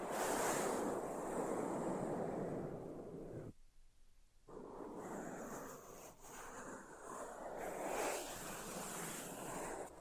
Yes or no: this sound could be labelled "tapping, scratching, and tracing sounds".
yes